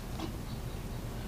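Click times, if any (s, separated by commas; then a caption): none. The miter table of a DeWALT DW715 12-inch single bevel miter saw is swung past the 5° mark on its base, producing only a faint, steady low rumble with no distinct click. The detent does not catch at 5°, and nothing has clicked or locked in.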